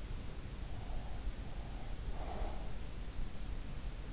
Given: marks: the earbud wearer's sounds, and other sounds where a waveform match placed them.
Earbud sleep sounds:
sounds in sleep by an in-ear microphone; breath
0.09-3.05 s: breath

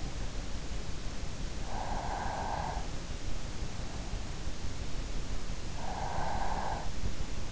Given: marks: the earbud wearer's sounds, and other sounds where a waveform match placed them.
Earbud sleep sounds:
sounds in sleep by an in-ear microphone; breath
1.26-3.14 s: breath
5.66-7.14 s: breath

